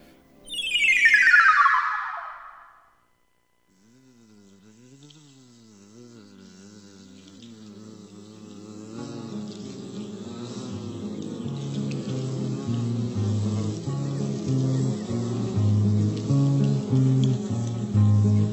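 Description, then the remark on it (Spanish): A swooping whoosh opens, then a wavering, buzzing drone rises and falls in pitch as bees fly over meadows early in the morning seeking flowers and pollen, gradually joined by a denser, louder layer of steady tones. “Las abejas muy temprano en la mañana a buscar el polen de las flores en sus patas.”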